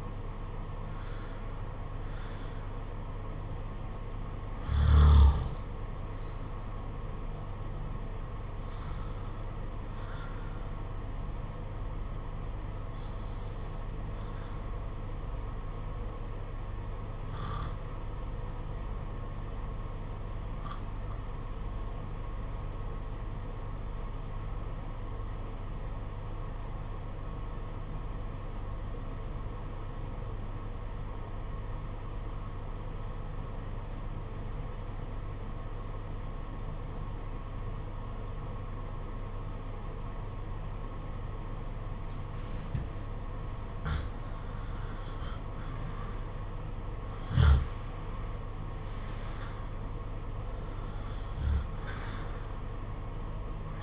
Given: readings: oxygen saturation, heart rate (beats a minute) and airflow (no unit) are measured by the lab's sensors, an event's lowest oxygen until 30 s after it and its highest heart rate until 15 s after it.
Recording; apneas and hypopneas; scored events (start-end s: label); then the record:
breathing in sleep by a smartphone at the bedside; 1
25.00-44.90 s: obstructive apnea (REM, oxygen 95% highest, then 81% lowest, heart rate 47 at the start, 57 highest)
From the record:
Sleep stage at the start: REM sleep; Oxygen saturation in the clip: 69 to 95%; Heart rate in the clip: 45 to 71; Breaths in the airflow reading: 9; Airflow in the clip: -11.7 to 11.2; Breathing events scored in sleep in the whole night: 476 in 9.7 hours asleep